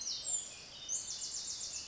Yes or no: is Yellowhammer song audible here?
no